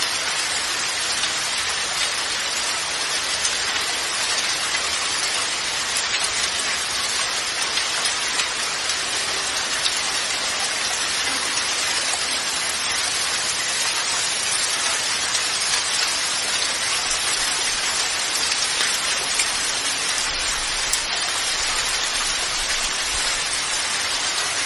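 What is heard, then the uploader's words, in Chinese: Rain falls onto a stone-paved path in a dense, steady hiss with countless small, bright drop impacts. The level barely changes across the whole stretch, even, with a faint low rumble underneath and no distinct events standing out. 雨点落在石板路上的声音。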